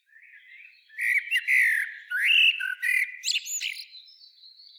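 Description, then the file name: Common blackbird song: low mellow warbled phrases near the start, then a rising fluted note and a run of high, squeaky twittering notes that fade out. "Turdus merula"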